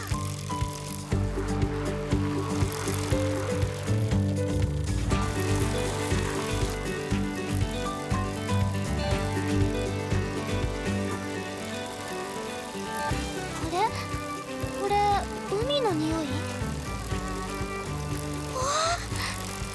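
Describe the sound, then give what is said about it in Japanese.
Bicycles ridden along a seaside coastline road, rolling with a steady mechanical whir and busy clicking from freewheel ratchets, continuous and fairly loud, with some brief higher squeaky tones partway through. “疲れたら自転車から降りて休んでもいいのよ。”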